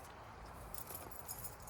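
A plastic body panel on a 2019 KLX250S dirt bike is handled and pressed toward its frame mount during reassembly, with light rattling and clinking over a steady low background and brief taps near 0.8 s and 1.7 s. Nothing has seated or clicked yet; the panel is not yet home.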